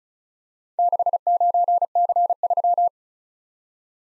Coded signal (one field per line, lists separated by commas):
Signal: Morse code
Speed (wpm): 34 wpm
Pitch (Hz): 700 Hz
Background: none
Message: 69C3